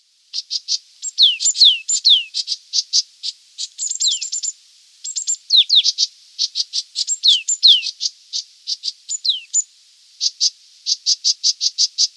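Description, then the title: Green-backed tit giving rapid, high-pitched chirps and thin descending whistles in near-continuous bursts, with short gaps around five and ten seconds. "Green-backed Tit (Parus monticolus)"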